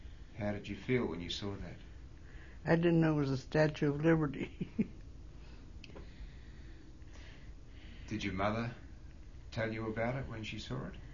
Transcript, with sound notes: How did you feel when you saw that?
I didn't know it was the Statue of Liberty. ( she laughs )
Did your mother tell you about it when she saw it?